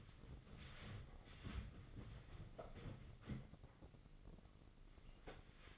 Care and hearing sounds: daily activity, microphone in the room; wipe stove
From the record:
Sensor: 4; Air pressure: 996.8 hPa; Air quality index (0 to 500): 90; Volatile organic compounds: 5 ppm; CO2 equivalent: 1738 ppm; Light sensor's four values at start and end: 16/46/17/18 and 16/45/17/18

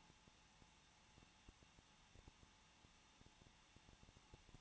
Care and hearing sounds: daily activity, microphone in the room; no activity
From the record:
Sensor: 1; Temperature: 20.1 degrees Celsius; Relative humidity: 39.4%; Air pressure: 1006.4 hPa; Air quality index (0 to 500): 219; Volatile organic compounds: 81 ppm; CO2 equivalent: 3618 ppm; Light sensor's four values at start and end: 1/2/1/1 and 1/2/1/1

